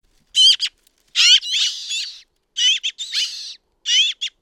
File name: Pica pica